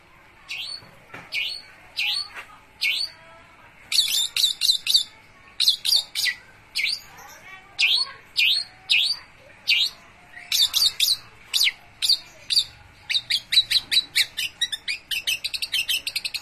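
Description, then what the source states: Long-tailed shrike song: a varied run of sharp, high chirps and rattling trills in short bursts, about one or two a second, quickening into rapid repeated notes near the end. Song in a combination style of mixed phrases.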